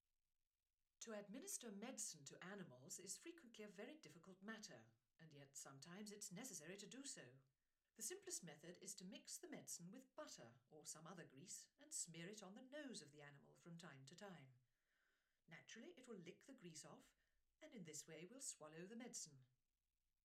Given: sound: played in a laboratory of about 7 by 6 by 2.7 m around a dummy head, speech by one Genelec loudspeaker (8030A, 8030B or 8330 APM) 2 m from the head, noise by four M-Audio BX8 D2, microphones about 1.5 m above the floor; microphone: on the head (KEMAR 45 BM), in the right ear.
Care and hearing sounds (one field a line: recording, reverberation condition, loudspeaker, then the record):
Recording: female speech in English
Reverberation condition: low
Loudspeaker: 90 degrees to the right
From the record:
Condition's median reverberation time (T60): about 310 ms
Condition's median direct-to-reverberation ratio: about 3.5 dB